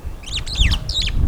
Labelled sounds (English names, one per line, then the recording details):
Superb Starling flight call
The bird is a male
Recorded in Kenya on 22 April 2009 at 08:50
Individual 121, of group WDB